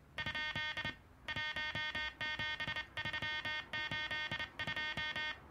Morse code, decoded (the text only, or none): ? 17382